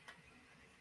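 A plastic model kit part for a Bandai Gundam M61A5 Main Battle Tank is pressed with light tension onto its mating part on the tank assembly. A brief soft tap near 0.1 s is heard over a low, steady background. Nothing has seated or clicked into place yet.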